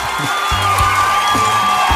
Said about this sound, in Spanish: pero oye, desde aquí los aplausos al primer granjero elegante del Japón.